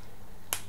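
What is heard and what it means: A small plastic magnifying loupe is fitted onto a diamond-painting stylus pen and slots together with a sharp, bright snap at 0.5 s that spreads from the mids up to the highest frequencies. Before it there is only a faint low hum, and the loupe is seated on the pen.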